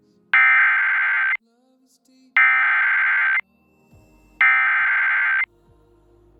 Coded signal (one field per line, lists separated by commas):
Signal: Emergency Alert System (SAME) tones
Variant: header bursts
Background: speech